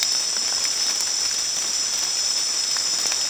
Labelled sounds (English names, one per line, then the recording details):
none
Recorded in secondary vegetation near Puerto Asís, Putumayo, Colombia, on 29 June 2025 at 23:30
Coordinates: 0.485, -76.322
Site GP06